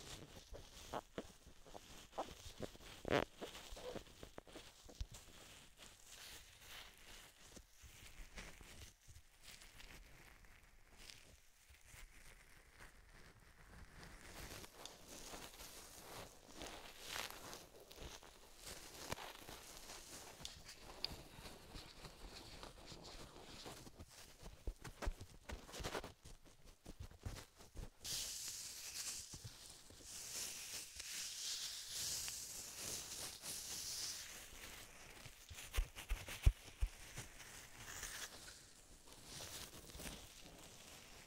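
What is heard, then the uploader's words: Cupping and tapping with gloves, a dense run of soft rustles, crinkles and muffled pats that shifts from one side to the other. Sharp taps pop out now and then. From about 28 seconds a brighter, airy hiss takes over the rustling. ASMR Binaural Triggers Ear to Ear Cupping, Tapping with Gloves (3DIO).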